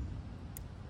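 While wiring LED turn signals on a motorcycle, a purple wire is pushed into an opened gray plastic wire-tap clip and the clip is pressed shut. Over a steady low rumble, one sharp, brief click sounds at 0.6 s as the wire-tap connector snaps closed and seats.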